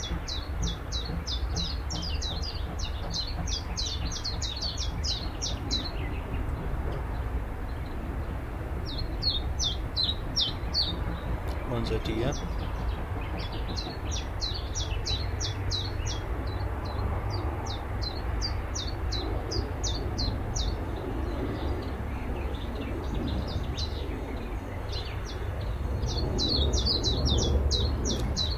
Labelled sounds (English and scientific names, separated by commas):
Willow Warbler (Phylloscopus trochilus)